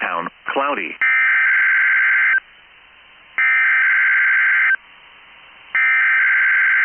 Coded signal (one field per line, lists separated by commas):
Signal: Emergency Alert System (SAME) tones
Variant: header bursts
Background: speech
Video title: 9/7/22 First RWT As A Junior!Reqiured Weekly Test EAS#229